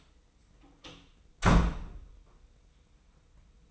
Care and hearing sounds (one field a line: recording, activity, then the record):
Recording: daily activity, microphone in the room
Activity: close door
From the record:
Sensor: 1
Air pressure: 990.5 hPa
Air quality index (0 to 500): 159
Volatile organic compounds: 1000 ppm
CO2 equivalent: 5802 ppm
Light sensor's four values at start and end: 32/73/32/34 and 33/74/32/35